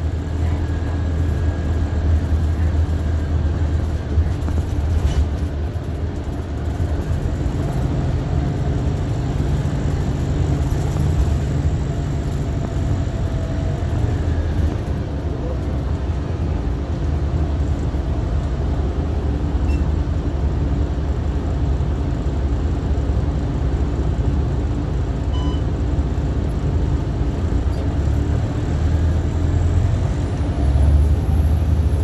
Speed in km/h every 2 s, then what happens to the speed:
52, 48, 47, 44, 44, 44, 27, 19, 5, 0, 0, 0, 0, 3, 15, 24.
0-17 slows to 0. 17-25 standing. 25-32 pulls away to 24.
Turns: none.